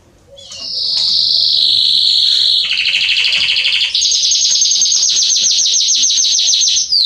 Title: Esquente Seu Filhote E Canario Belga Em 30 Minutos Macho Cantando Muito CANTO DO CANRIO